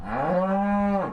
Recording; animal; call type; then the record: contact call of a hoofed animal; cattle; low-frequency (closed-mouth) or high-frequency (open-mouth) call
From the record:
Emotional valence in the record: negative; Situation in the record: full separation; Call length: 1.13 s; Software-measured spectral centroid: 990 Hz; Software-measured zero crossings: 1120 a second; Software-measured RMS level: -24 dBFS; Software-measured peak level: -12 dBFS